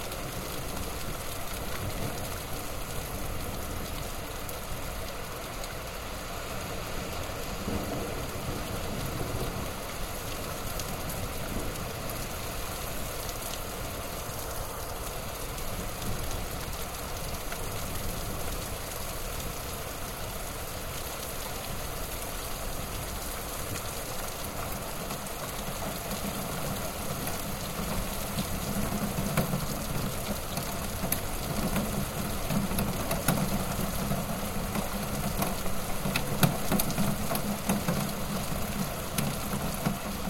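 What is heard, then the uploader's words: Heavy rain drums steadily on a roof, a dense, even hiss spread from low to bright with no pauses. A low rumble runs underneath throughout, swelling somewhat louder from about 26 seconds to the end, while faint steady tones hang in the background. Sound Effect Of Heavy Rain On A Plastic Roof. Intense rain falling on a tin roof.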